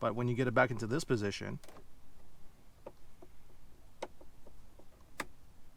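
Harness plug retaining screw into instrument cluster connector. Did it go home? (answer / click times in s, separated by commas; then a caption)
yes / 5.2 s. Someone talks while tightening the plastic retaining screw of the wiring harness plug on the instrument cluster of a 100 series Land Cruiser (Lexus LX470) during a "D" gear indicator light change, and faint ticks follow at about 2.9, 3.2, 4.0 and 4.2 seconds. At 5.2 seconds a sharp, louder click marks the screw reaching its limit. The screw never tightens but clicks instead, a safety feature that keeps the plug from being over-tightened and stripped.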